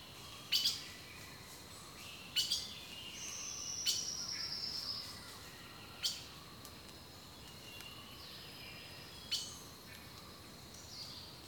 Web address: The Natural Sounds of the Wilderness collection Echoes of Nature - Rainforest Birdsong